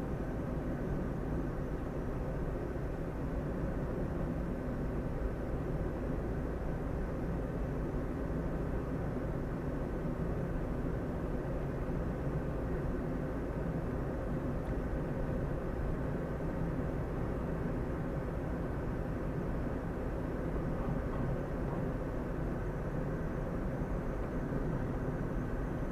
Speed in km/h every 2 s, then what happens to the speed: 42, 42, 43, 43, 44, 44, 45, 46, 46, 46, 47, 47, 46.
0-26 steady at about 45.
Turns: none.